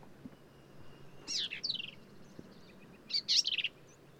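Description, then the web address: Black-capped vireo song with two hurried phrases of high, slurred and buzzy notes, a short gap between them, over a faint low hum. "birdsongforthecurious Black-capped Vireo"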